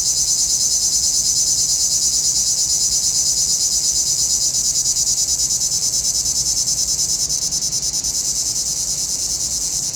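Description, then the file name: Cicada chorus, a shrill, high buzz throbbing in even pulses roughly three per second, unbroken throughout with only slight fading near the end. Cicadas in a pinewood. "Relaxing Music Therapy - Sounds from a Pinewood Cicadas"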